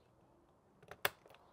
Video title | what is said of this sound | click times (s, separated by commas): Transform Your Ford F-Series with This 13-Inch Screen! F-150/F-250 – Complete Install Guide | and it clicks into place and you have your | 1.0 s